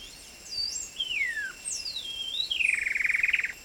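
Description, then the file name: Coraya wren song: a few clear whistled slurs, mostly falling, ending in a fast buzzy trill of rapid repeated notes lasting about a second, over steady high insect hiss. Route de Kaw, 29 July 2008. "080729 route kaw trog cora"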